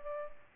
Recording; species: mosquito wingbeat signal from an infrared sensor; Culex pipiens